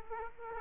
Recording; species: mosquito wingbeat signal from an infrared sensor; Aedes aegypti